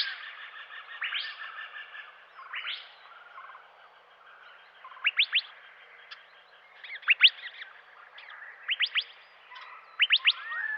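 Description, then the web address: Verdin giving crisp, high chips, mostly in tight bursts of two to four, spaced a second or two apart, against a soft buzzy background chatter. Recorded in western North America. "Dan Gibson Wildlife Identification By Sound, Western North America. Verdin"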